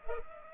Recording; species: mosquito wingbeat signal from an infrared sensor; Culex pipiens